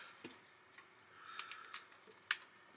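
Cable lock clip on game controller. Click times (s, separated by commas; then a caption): 2.3 s. The small locking clip over the cable connector on a Sony DualSense Edge game controller is pressed closed, snapping shut with a single sharp, bright click at 2.3 s after a few faint ticks. The cable lock clip is seated.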